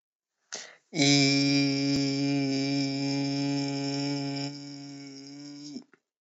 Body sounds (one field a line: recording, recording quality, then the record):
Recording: sustained vowel as in beet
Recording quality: excellent, no background noise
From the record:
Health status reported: respiratory illness, not identified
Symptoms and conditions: cold, breathing difficulty, sore throat, muscle pain, another respiratory illness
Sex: male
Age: 21 years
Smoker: no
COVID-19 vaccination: both doses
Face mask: worn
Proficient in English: yes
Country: India